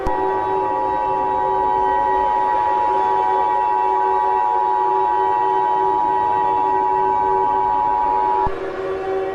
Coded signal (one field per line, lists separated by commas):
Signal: Emergency Alert System (SAME) tones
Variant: 853 and 960 Hz attention tone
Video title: EAS Scenario (The Piggy Infection Outbreak Remastered) Teaser #2